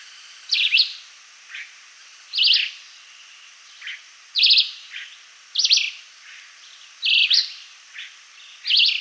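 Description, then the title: Red-eyed vireo song: short, slurred, whistled phrases, each under half a second, delivered steadily with pauses of about one to two seconds between them. "LuckyPassaro Completos2Sama. Red-eyed Vireo (Vireo olivaceus)"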